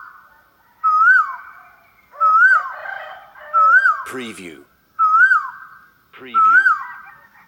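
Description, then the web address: Asian koel repeating a rising then falling whistled note, about one every second and a half, with two brief harsh bursts of another sound partway through. "the sound pack tree. asian koel bird"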